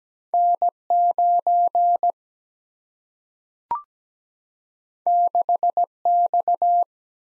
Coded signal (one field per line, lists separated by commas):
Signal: Morse code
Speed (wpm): 17 wpm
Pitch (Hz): 700 Hz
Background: none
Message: N 9 6 X